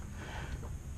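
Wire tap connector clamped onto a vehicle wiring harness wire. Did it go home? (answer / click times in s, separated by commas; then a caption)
no / none. A wire tap connector is squeezed onto a vehicle wiring harness wire while a Pop n Lock power tailgate lock is being installed on a 2017 Tacoma. Low, steady rumble and faint handling noise fill the clip, with a brief louder burst right at 1.0 s as the end is reached. Nothing has seated or clicked yet; the connector is being handled, not yet home.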